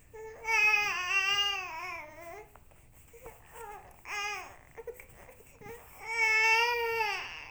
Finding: Baby Cry.